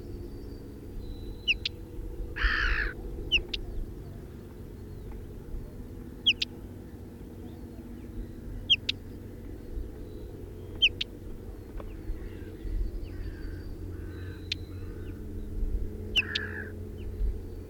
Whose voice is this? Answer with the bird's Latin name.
Saxicola rubetra